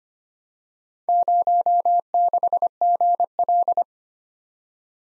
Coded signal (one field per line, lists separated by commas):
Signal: Morse code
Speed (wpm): 25 wpm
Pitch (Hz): 700 Hz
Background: none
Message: 06GL